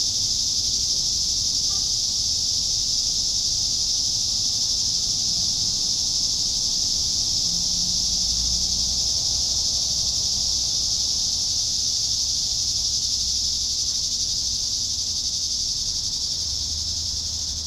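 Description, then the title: Cicada: unceasing shrill buzzing of cicadas at a steady pitch, with a low, faintly rumbling background throughout. "neoscenes: cicadas"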